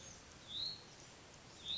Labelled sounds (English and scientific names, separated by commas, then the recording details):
Hutton's Vireo (Vireo huttoni)
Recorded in Sonoma County, California